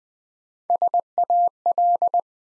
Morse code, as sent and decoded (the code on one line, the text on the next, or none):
... .- .-..
SAL